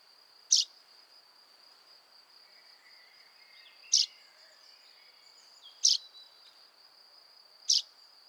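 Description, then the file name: Common chaffinch: four sharp, clipped high notes at uneven intervals, over a constant high insect-like tone. "Fringilla coelebs"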